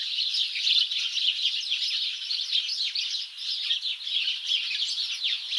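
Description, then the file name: House sparrow flock chirping, continuous high overlapping chirps that swell and dip slightly in loudness. "Passer domesticus"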